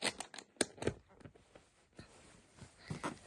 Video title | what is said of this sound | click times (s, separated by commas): Electro Snaps part 1 electronic - experiment science - experiment science project #electrosnaps | and click it. You click. | 0.6 s